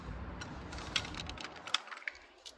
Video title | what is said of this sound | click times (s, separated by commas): ￼Tesla Model X 7 Seater With Skis and Kids Inside | success that has clicked into place | 1.7 s, 2.1 s